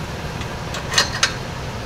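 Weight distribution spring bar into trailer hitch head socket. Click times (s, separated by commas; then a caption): 1.0 s, 1.2 s. A heavy solid steel spring bar of a weight distributing hitch, about 15 pounds, is pushed down into its socket on the trailer hitch head until it seats. Two sharp metallic clicks ring out at 0.98 s and 1.23 s over a steady low background hum.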